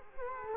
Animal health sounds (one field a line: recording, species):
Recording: mosquito wingbeat signal from an infrared sensor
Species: Culex quinquefasciatus